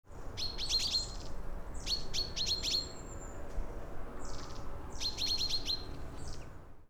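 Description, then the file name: Common chaffinch giving short, bright, repeated high chips in clusters, several bursts throughout, over a steady low rumble of background noise. "Fringilla coelebs"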